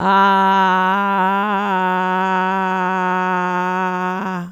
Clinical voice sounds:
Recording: sustained vowel /a/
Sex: female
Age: 60 to 69 years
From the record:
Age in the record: 63 years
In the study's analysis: included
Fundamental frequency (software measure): 186 Hz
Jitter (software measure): 0.47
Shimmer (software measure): 1.88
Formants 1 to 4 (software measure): 920 Hz, 1457 Hz, 2647 Hz, 3329 Hz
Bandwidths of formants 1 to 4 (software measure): 112 Hz, 177 Hz, 177 Hz, 204 Hz

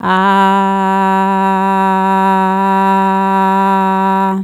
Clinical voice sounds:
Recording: sustained vowel /a/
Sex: female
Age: 40 to 49 years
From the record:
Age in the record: 46 years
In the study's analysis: included

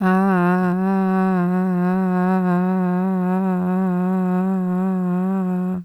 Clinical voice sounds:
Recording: sustained vowel /a/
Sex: female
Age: 40 to 49 years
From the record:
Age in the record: 43 years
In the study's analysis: excluded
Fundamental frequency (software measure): 175 Hz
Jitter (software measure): 0.37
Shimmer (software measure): 0.55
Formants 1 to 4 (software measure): 790 Hz, 1825 Hz, 2484 Hz, 3816 Hz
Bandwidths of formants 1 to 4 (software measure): 302 Hz, 384 Hz, 258 Hz, 417 Hz

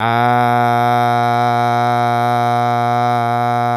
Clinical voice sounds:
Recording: sustained vowel /a/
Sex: male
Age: 40 to 49 years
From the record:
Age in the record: 45 years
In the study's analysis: included

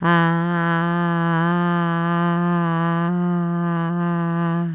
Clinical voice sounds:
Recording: sustained vowel /a/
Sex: female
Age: 40 to 49 years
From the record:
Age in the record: 48 years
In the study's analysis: included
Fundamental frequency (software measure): 171 Hz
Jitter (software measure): 0.32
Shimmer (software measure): 0.71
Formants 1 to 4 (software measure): 1000 Hz, 1620 Hz, 2740 Hz, 3943 Hz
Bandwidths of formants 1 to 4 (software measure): 485 Hz, 247 Hz, 281 Hz, 269 Hz

